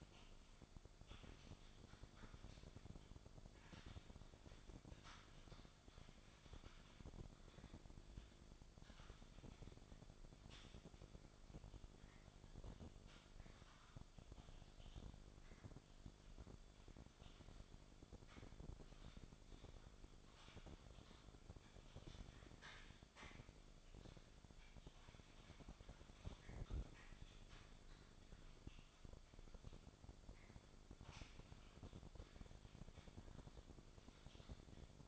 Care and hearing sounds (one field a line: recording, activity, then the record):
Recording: daily activity, microphone in the room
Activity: typing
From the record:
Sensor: 5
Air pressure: 1004.6 hPa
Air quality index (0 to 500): 168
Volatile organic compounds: 4 ppm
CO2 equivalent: 1578 ppm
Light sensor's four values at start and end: 18/43/17/15 and 18/43/17/15